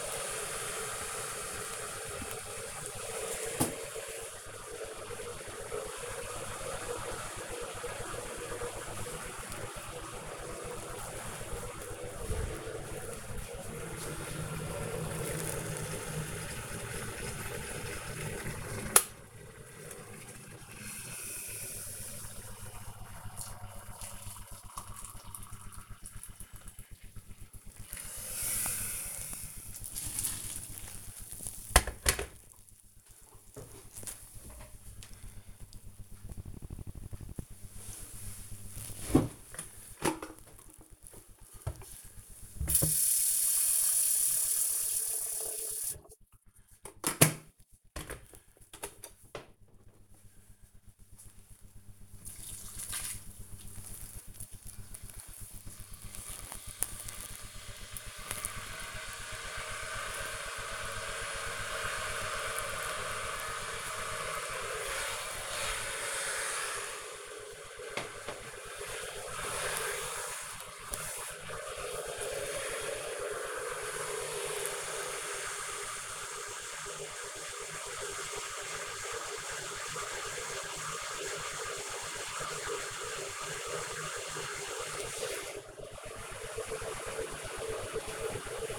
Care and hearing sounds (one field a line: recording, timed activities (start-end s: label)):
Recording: household activities, microphone on the right wrist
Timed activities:
0.00-31.45 s: making tea
39.52-88.79 s: making tea